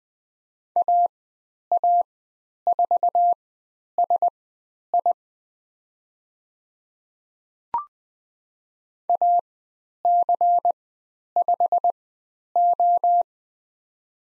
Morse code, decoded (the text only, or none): AA4SI AC5O